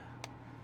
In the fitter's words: she fits in oh nice solid positive click nice snap